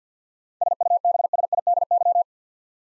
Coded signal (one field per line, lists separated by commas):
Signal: Morse code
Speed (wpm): 45 wpm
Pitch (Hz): 700 Hz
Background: none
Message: SUBSIDY